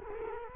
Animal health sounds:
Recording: mosquito wingbeat signal from an infrared sensor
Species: Culex quinquefasciatus

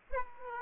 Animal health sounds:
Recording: mosquito wingbeat signal from an infrared sensor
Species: Aedes aegypti

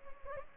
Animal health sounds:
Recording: mosquito wingbeat signal from an infrared sensor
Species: Anopheles gambiae

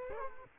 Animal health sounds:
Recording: mosquito wingbeat signal from an infrared sensor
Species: Culex quinquefasciatus

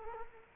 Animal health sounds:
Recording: mosquito wingbeat signal from an infrared sensor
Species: Culex quinquefasciatus

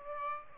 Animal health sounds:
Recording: mosquito wingbeat signal from an infrared sensor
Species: Aedes aegypti

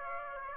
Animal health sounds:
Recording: mosquito wingbeat signal from an infrared sensor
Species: Aedes aegypti

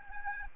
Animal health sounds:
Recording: mosquito wingbeat signal from an infrared sensor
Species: Aedes albopictus

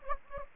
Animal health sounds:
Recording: mosquito wingbeat signal from an infrared sensor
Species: Anopheles gambiae

